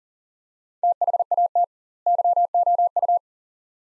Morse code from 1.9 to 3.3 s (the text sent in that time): YOU